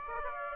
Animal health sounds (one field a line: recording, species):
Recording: mosquito wingbeat signal from an infrared sensor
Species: Aedes aegypti